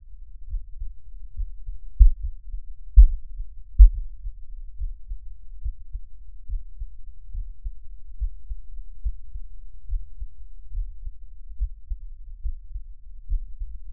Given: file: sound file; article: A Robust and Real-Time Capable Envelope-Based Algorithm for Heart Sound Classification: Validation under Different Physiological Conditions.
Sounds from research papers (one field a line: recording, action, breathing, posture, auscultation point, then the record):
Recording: heart sounds by electronic stethoscope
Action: rest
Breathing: normal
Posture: sitting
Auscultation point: Erb’s point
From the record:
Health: healthy, no known heart disease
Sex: male